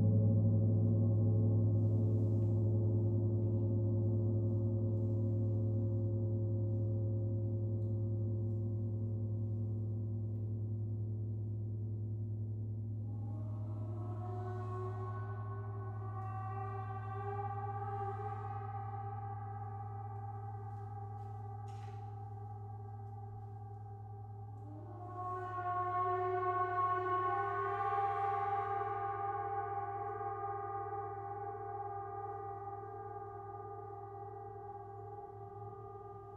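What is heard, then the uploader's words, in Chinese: A gong rings with a deep, steady hum underneath that slowly fades. Around 13 seconds a second stroke adds brighter, wavering overtones, and at about 25 seconds a louder strike blooms again, its ringing tones bending and shimmering before gradually decaying. 銅鑼練習Gong。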